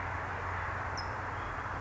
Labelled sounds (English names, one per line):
California Towhee